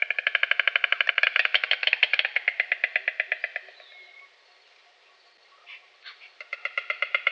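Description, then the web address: White Stork bill-clattering: rapid wooden rattling bursts that fade after about four seconds, a brief quiet spell with soft knocks, then clattering resumes. "Schulze Peter White Stork billclattering"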